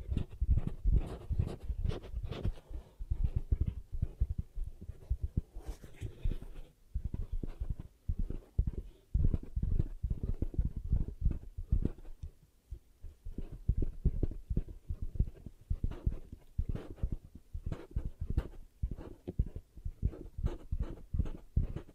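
Ear cupping sounds: soft, muffled thumps and rustles pressed over the microphone, mostly low and dull with a few brighter scratchy touches. The pats come in quick, fairly regular bursts throughout, with brief pauses near 6–7 and 12–13 seconds.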